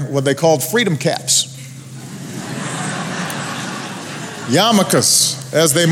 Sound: laughter